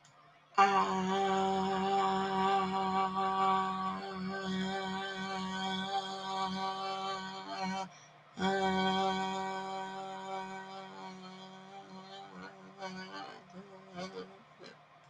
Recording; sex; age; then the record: vowel held as long as possible; female; 40 to 49 years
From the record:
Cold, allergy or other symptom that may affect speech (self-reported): no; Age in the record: 46 years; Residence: Michigan, United States